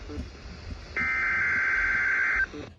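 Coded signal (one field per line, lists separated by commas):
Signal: Emergency Alert System (SAME) tones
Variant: header bursts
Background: speech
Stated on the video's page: Weekly EAS test from NOAA weather radio on 162.425 MHz, Janesville, Wisconsin, received on a Sangean CL-100.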